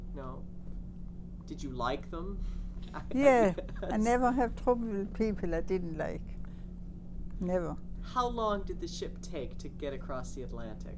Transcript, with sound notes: No. Did you like them? (he laughs)
Yeah, I never have trouble with people I didn't like, never.
How long did the ship take to get across the Atlantic?